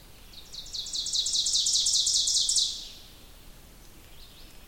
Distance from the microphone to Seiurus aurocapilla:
about 20 m